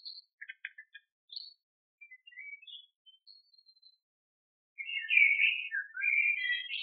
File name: Birds by the Shrine of the Bab(filtered)